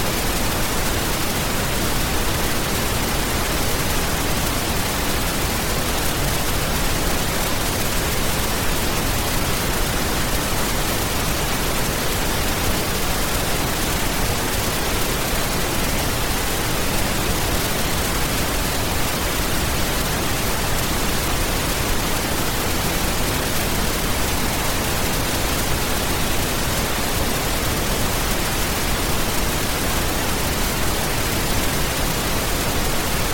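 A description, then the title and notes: White noise: a steady, dense hiss that fills every range from low rumble to bright treble without any change. Loudness holds flat for the full half-minute, with no events, pauses or background sounds breaking the even texture. White Noise.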